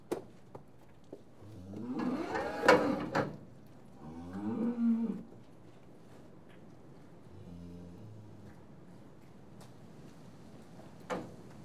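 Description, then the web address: Cattle mooing: two rough, wavering moos in quick succession, then a faint low moo, with occasional knocks and clicks around them. Cattle in a yard, TB tested. "BBC Sound Effects Library BBC 35-Livestock. Cattle TB Tested In Yard"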